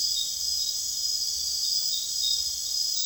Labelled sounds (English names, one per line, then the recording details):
none
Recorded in secondary vegetation near Puerto Asís, Putumayo, Colombia, on 22 June 2025 at 22:30
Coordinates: 0.485, -76.322
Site GP06